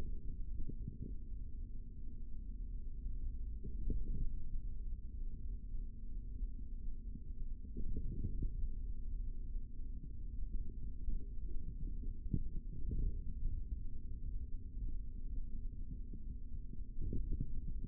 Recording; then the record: forearm muscle sounds (acoustic myography)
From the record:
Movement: finger pinch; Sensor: system 3, bracelet of six PUI Audio POM-2738L microphones around the upper forearm, with dedicated amplification and filtering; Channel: 6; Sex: male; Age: 25 years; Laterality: right